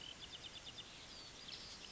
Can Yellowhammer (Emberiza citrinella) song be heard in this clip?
no